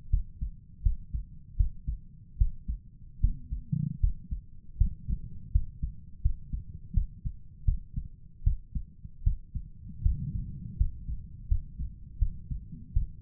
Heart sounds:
heart sounds by stethoscope; 79 bpm
0.10 s: heartbeat
0.82 s: heartbeat
1.56 s: heartbeat
2.37 s: heartbeat
3.20 s: heartbeat
4.00 s: heartbeat
4.77 s: heartbeat
5.51 s: heartbeat
6.21 s: heartbeat
6.93 s: heartbeat
7.64 s: heartbeat
8.43 s: heartbeat
9.23 s: heartbeat
10.02 s: heartbeat
10.77 s: heartbeat
11.48 s: heartbeat
12.18 s: heartbeat
12.93 s: heartbeat
From the record:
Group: healthy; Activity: rest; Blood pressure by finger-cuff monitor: 110/73 mmHg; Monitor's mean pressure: 86 mmHg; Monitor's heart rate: 80 bpm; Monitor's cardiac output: 6 L/min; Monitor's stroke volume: 77 mL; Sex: male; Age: 35 years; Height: 178 cm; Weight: 64 kg

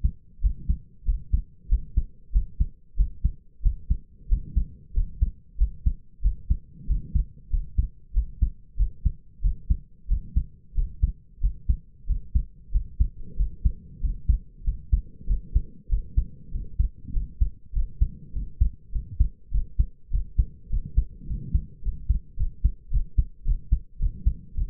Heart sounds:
heart sounds by stethoscope; 97 bpm
0.41 s: heartbeat
1.05 s: heartbeat
1.69 s: heartbeat
2.32 s: heartbeat
2.96 s: heartbeat
3.62 s: heartbeat
4.28 s: heartbeat
4.93 s: heartbeat
5.57 s: heartbeat
6.21 s: heartbeat
6.87 s: heartbeat
7.50 s: heartbeat
8.13 s: heartbeat
8.77 s: heartbeat
9.41 s: heartbeat
10.08 s: heartbeat
10.74 s: heartbeat
11.40 s: heartbeat
12.06 s: heartbeat
12.71 s: heartbeat
13.36 s: heartbeat
14.00 s: heartbeat
14.64 s: heartbeat
15.26 s: heartbeat
15.88 s: heartbeat
16.51 s: heartbeat
17.12 s: heartbeat
17.72 s: heartbeat
18.32 s: heartbeat
18.91 s: heartbeat
19.51 s: heartbeat
20.10 s: heartbeat
20.69 s: heartbeat
21.26 s: heartbeat
21.81 s: heartbeat
22.36 s: heartbeat
22.90 s: heartbeat
23.44 s: heartbeat
23.98 s: heartbeat
24.54 s: heartbeat
From the record:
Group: healthy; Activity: rest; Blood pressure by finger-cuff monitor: 91/56 mmHg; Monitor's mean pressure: 67 mmHg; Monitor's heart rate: 94 bpm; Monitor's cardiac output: 6.8 L/min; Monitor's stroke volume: 71 mL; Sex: male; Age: 22 years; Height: 181 cm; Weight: 60 kg

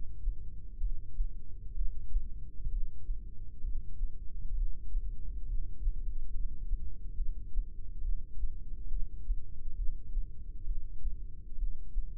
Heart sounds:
heart sounds by microphone in the right ear; 67 bpm
0.80 s: heartbeat
1.76 s: heartbeat
2.71 s: heartbeat
3.63 s: heartbeat
4.56 s: heartbeat
5.47 s: heartbeat
6.33 s: heartbeat
7.17 s: heartbeat
8.03 s: heartbeat
8.90 s: heartbeat
9.77 s: heartbeat
10.66 s: heartbeat
11.58 s: heartbeat
From the record:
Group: heart failure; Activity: rest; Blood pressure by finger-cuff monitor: 135/100 mmHg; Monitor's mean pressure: 112 mmHg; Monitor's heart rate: 68 bpm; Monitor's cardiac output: 5.9 L/min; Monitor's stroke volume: 89 mL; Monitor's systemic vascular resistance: 1420 dyn s/cm5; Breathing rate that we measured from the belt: 17 breaths a minute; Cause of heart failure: idiopathic cardiomyopathy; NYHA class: 1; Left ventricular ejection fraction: 50%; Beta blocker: bisoprolol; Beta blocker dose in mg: 5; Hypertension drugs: candesartan, spironolactone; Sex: male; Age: 54 years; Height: 180 cm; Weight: 94.6 kg

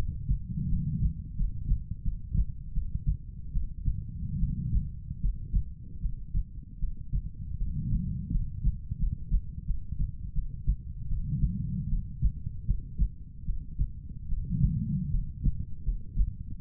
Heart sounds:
heart sounds by stethoscope; 79 bpm
0.68 s: heartbeat
1.35 s: heartbeat
2.02 s: heartbeat
2.72 s: heartbeat
3.51 s: heartbeat
4.38 s: heartbeat
5.20 s: heartbeat
6.00 s: heartbeat
6.78 s: heartbeat
7.57 s: heartbeat
8.30 s: heartbeat
8.98 s: heartbeat
9.65 s: heartbeat
10.33 s: heartbeat
11.07 s: heartbeat
11.88 s: heartbeat
12.65 s: heartbeat
13.44 s: heartbeat
14.27 s: heartbeat
15.09 s: heartbeat
15.83 s: heartbeat
16.57 s: heartbeat
From the record:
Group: healthy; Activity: cold pressor test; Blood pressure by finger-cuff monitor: 121/71 mmHg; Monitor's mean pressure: 89 mmHg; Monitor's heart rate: 77 bpm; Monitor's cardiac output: 7.1 L/min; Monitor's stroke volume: 91 mL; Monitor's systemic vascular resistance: 910 dyn s/cm5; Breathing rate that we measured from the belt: 17 breaths a minute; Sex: female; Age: 23 years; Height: 160 cm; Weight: 50.4 kg

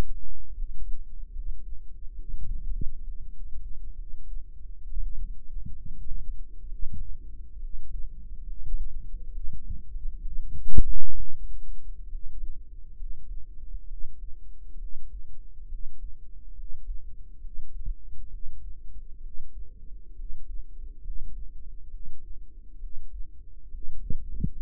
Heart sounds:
heart sounds by microphone in the right ear; 67 bpm
0.52 s: heartbeat
1.30 s: heartbeat
2.13 s: heartbeat
3.02 s: heartbeat
3.94 s: heartbeat
4.81 s: heartbeat
5.71 s: heartbeat
6.66 s: heartbeat
7.56 s: heartbeat
8.43 s: heartbeat
9.29 s: heartbeat
10.20 s: heartbeat
11.13 s: heartbeat
12.06 s: heartbeat
12.94 s: heartbeat
13.85 s: heartbeat
14.76 s: heartbeat
15.66 s: heartbeat
16.52 s: heartbeat
17.38 s: heartbeat
18.27 s: heartbeat
19.19 s: heartbeat
20.13 s: heartbeat
20.99 s: heartbeat
21.87 s: heartbeat
22.77 s: heartbeat
23.68 s: heartbeat
24.53 s: heartbeat
From the record:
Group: healthy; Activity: rest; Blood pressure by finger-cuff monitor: 111/70 mmHg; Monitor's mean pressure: 81 mmHg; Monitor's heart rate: 68 bpm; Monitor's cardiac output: 5.4 L/min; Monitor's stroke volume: 80 mL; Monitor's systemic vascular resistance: 1090 dyn s/cm5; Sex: female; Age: 22 years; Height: 171 cm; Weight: 65.6 kg

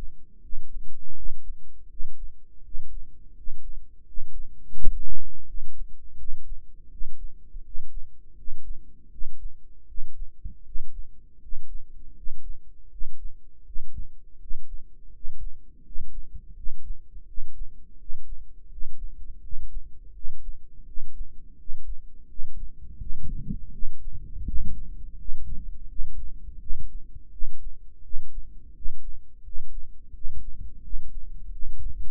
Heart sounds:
heart sounds by microphone in the right ear; 83 bpm
0.41 s: heartbeat
1.14 s: heartbeat
1.88 s: heartbeat
2.62 s: heartbeat
3.34 s: heartbeat
4.04 s: heartbeat
4.75 s: heartbeat
5.45 s: heartbeat
6.16 s: heartbeat
6.89 s: heartbeat
7.62 s: heartbeat
8.35 s: heartbeat
9.09 s: heartbeat
9.86 s: heartbeat
10.63 s: heartbeat
11.39 s: heartbeat
12.14 s: heartbeat
12.89 s: heartbeat
13.64 s: heartbeat
14.38 s: heartbeat
15.11 s: heartbeat
15.82 s: heartbeat
16.54 s: heartbeat
17.25 s: heartbeat
17.97 s: heartbeat
18.68 s: heartbeat
19.41 s: heartbeat
20.12 s: heartbeat
20.85 s: heartbeat
21.56 s: heartbeat
22.27 s: heartbeat
22.98 s: heartbeat
23.71 s: heartbeat
24.45 s: heartbeat
25.16 s: heartbeat
25.87 s: heartbeat
26.58 s: heartbeat
27.30 s: heartbeat
28.02 s: heartbeat
28.73 s: heartbeat
29.43 s: heartbeat
30.12 s: heartbeat
30.81 s: heartbeat
31.50 s: heartbeat
From the record:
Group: healthy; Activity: rest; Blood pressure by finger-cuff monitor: 113/74 mmHg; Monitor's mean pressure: 83 mmHg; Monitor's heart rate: 83 bpm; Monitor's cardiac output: 6.5 L/min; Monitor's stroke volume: 79 mL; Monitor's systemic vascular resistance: 920 dyn s/cm5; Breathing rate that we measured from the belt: 16 breaths a minute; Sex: male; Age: 35 years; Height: 180 cm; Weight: 86.9 kg

